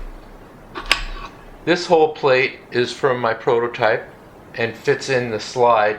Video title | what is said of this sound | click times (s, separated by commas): Olive/Cherry Pitter | The hole plate locks in place with each hole underneath the needle. | 0.9 s